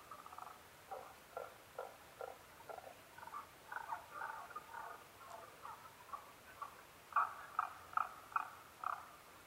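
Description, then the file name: Tago's brown frog calling, steady runs of short knocking notes repeated quickly, ending in a louder, brighter series. Recorded 15 May 2011 at 02:19. "tagogaeru-20110515-0219"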